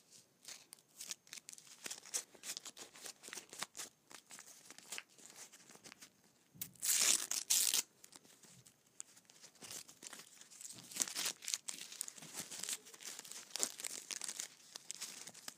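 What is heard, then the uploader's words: Candy wrappers crinkle and crackle almost without pause, a dense run of sharp, bright ticks and rustles. Around the seven-second mark a louder, harsher burst of crumpling lasts about a second, then the finer, irregular crackling resumes and continues to the end. ASMR Candy Wrappers.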